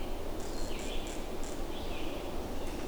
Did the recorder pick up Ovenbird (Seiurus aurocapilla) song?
no